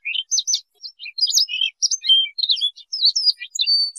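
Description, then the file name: Siberian rubythroat pouring out a quick, dense warble of high chirps, whistles and trills, ending on a long thin whistled note. "Tieng chim oanh co do"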